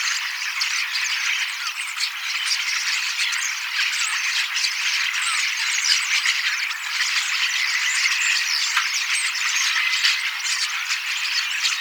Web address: paivat 18 10 2024 kasittaakseni kottaraisnuoret laulavat lauluharjoittelevat useita lajeja matkivat hiukan